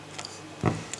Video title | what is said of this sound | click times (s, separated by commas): Mercator K55K Review | and snap into place | 0.7 s, 0.9 s